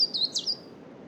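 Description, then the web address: Coal tit song, a brief high squeaky two-part phrase lasting under a second, over a soft background hiss. Spring noon in a coniferous forest, with wind. "Justsoundeffects - Forest Ambiences BIRDSong Spring Noon Coniferous Forest Coal Tit Wind"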